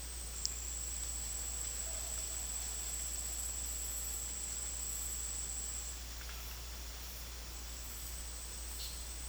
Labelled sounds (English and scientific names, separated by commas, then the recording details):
none
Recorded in dense forest near Puerto Asís, Putumayo, Colombia, on 8 March 2025 at 12:30
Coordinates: 0.503, -76.323
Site GP09